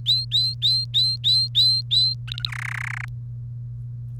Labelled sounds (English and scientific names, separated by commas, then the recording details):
Domestic Canary (Serinus canaria) song
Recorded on 1 May 2018 at 07:19
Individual llb3